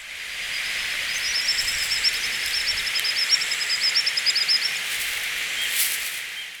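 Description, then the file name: Common sandpiper calling: a quick run of thin, high piping notes strung together for a few seconds, heard over a steady hiss of background noise. "isosigi"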